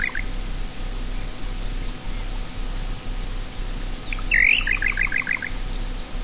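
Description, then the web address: Little nightjar call: a sharp upslurred note followed by a quick series of short descending chips, over steady low hum and faint bird notes. South America. "Natures Songs S America Little Nightjar"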